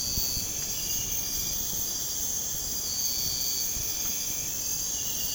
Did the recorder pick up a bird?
no